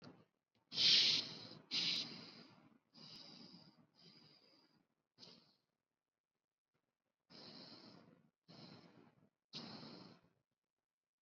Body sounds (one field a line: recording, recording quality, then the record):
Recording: shallow breathing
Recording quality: excellent, no background noise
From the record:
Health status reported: COVID-19 positive, mild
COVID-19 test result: positive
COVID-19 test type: RT-PCR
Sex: male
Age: 26 years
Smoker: no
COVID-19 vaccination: one dose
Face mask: worn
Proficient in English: yes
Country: India